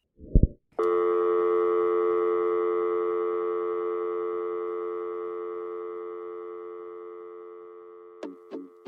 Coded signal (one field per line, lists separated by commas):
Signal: telephone call progress tone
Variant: North America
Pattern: dial tone